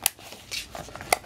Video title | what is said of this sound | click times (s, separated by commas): Minolta X 700 35mm Film SLR with 50mm 1 7 Lens | around and snap in place here on both sides so | 0.1 s, 1.1 s